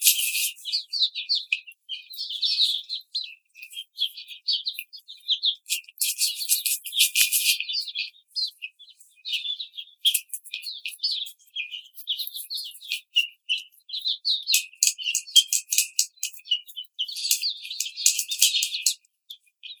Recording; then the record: young laying hens in a cage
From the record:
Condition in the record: treatment cage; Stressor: simulated dog barking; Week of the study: 5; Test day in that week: 1